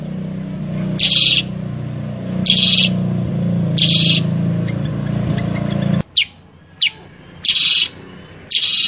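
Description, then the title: Sooty-headed bulbul song: several short chattering bursts over a steady low hum that stops partway, leaving a quieter background. Masteran training recording meant to lure caged birds into singing, featuring a very chatty bird with a sharp, piercing voice. "Masteran Kutilang Sutra. PANCINGAN AMPUH KUTILANG SUTRA SUPER GACOR SUARA PEDAS"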